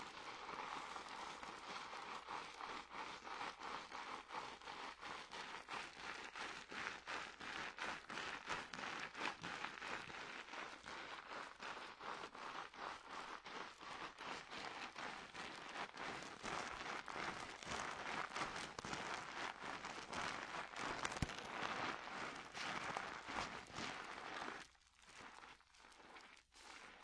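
Hair gets a dry wash with dense, crackly rubbing and scratching that runs steadily, then thins out near the end into a few short bursts.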